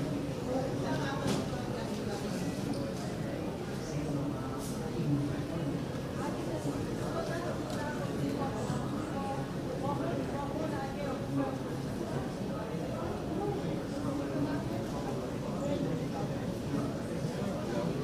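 Steady murmur of many voices fills an airport terminal as shops and restaurants open and passengers file in. The crowd chatter stays dense and even throughout, with scattered brief clicks and clatters on top and a low rumble underneath.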